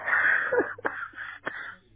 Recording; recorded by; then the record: voluntary cough; telephone call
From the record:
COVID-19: positive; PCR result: checked with the laboratory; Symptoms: yes